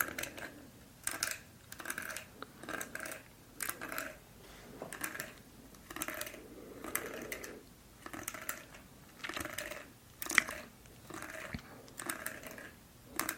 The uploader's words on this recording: ASMR Haircut & Eyebrow Trim.